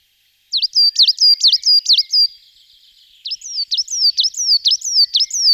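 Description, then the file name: Coal tit singing rapid, high, bouncy repeated double notes in two quick phrases, the second slightly different in pattern, over a clean quiet background. Song, recorded in 2004. "roche 2004 tannenmeise"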